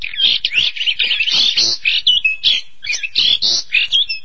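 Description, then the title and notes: Starling song: lively chatter of squeaky, slurred whistles and scratchy notes in quick uneven phrases. "suara burung jalak"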